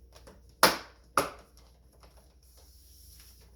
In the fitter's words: And this should snap right in.